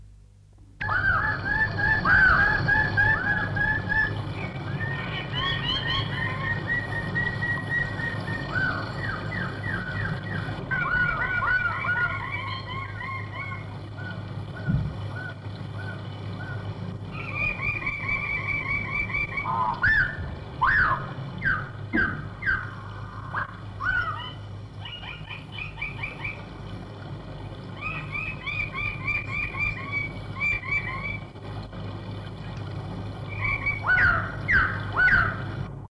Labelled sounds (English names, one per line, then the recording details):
Greater Bird-of-paradise call
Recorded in captivity
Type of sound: call
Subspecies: augustaevictoriae
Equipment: Halbspur, 9,5 cm/s
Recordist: Lütgens, Hans
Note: Rufe